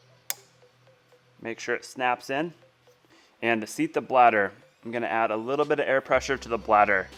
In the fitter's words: ver ahora he tiene espacio para explotar este anillo de retención en lugar asegúrese de que encaje y asiente la vejiga